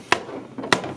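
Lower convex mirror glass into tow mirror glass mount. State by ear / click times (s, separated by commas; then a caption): seated / 0.1 s, 0.7 s. A lower convex mirror glass is press-fitted down onto its mount in a tow mirror on a 2009–2018 fourth-generation Dodge Ram during a signal and running light replacement. Two sharp snaps ring out at 0.1 s and 0.7 s as the glass seats into place.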